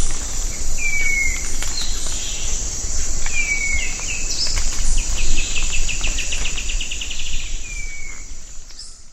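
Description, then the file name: Bird calls: several short downslurred whistles and one quick series of high clicking notes, set against continuous shrill insect buzzing. "SABIOD 50 bird 2015"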